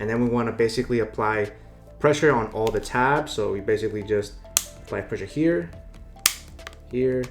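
A hard plastic top shell of a black OtterBox Defender Series case for an iPhone 15 Plus is pressed onto the bottom shell around the phone. Someone talks while pressure is applied to the tabs, and a sharp click at 6.3 s marks a tab snapping in and seating the shell.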